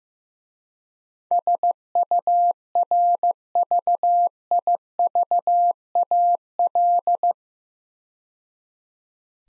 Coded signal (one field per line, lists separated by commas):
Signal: Morse code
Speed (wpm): 15 wpm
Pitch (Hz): 700 Hz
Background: none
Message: SURVIVAL